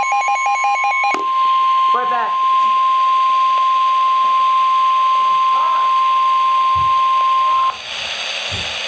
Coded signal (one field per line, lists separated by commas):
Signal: Emergency Alert System (SAME) tones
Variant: 1050 Hz attention tone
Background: speech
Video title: (5 EAS Alerts!) 2 TORNADO WARNINGS + 3 SVRs (EAS #519-524)